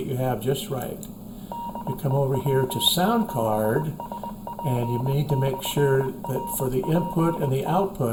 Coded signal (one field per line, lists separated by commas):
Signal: Morse code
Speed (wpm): 20 wpm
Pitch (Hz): 940 Hz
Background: speech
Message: DE W7SP/RPT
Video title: Winlink Setup with an Alinco DR735 radio